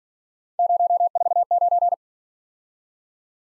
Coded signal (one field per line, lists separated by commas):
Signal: Morse code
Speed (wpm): 46 wpm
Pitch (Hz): 700 Hz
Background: none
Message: 049